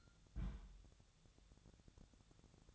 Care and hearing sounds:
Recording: daily activity, microphone in the room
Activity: place on stove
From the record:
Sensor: 3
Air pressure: 999.4 hPa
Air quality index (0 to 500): 196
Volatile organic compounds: 42 ppm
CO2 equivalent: 3188 ppm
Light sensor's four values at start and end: 7/18/7/7 and 7/18/7/7

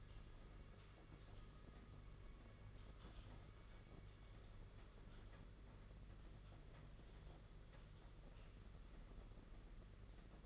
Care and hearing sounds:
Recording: daily activity, microphone in the room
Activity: typing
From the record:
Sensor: 4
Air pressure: 992.6 hPa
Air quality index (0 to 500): 137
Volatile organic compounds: 62 ppm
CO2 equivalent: 3435 ppm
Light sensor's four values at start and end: 19/66/24/25 and 19/66/24/25

